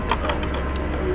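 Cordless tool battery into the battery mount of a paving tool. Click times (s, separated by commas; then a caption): 0.1 s, 0.3 s. A cordless tool battery, swappable between DeWalt and Milwaukee types, is pushed into the battery mount of a paving tool. Two sharp clicks ring out at 0.1 s and 0.3 s over a steady low rumble, and the battery is seated.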